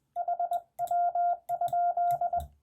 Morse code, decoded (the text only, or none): HW?